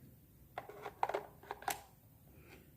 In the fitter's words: that click I like